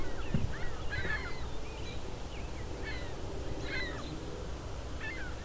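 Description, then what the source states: Ring-billed gulls giving short, thin mewing calls that bend up and down, several in quick succession, over a steady low rumble. Several ring-billed gulls calling out to each other.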